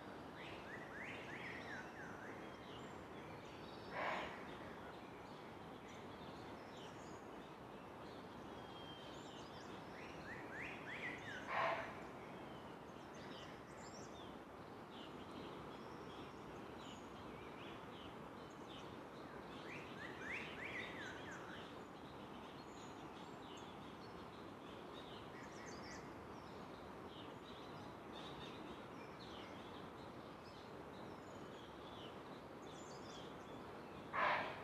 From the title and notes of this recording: Sound of the Garhwal Himalayas. Early morning, you'd rise to bird choruses.